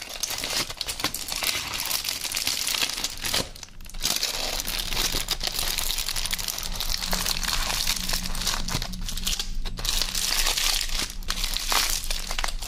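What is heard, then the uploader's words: Eating a döner with Coca Cola: constant crinkling of a paper wrapper, brief pauses near four and ten seconds, plus a low steady hum. Mukbang ASMR Food Döner & Coca Cola.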